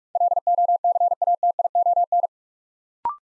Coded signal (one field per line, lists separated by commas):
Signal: Morse code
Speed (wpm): 44 wpm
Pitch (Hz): 700 Hz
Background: none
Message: LOCATION